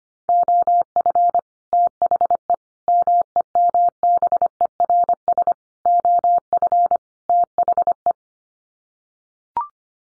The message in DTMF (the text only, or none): none